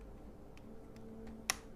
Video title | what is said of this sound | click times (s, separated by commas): Metakoo X300 Video Drone Instructions | There. Did you hear that click on? | 1.5 s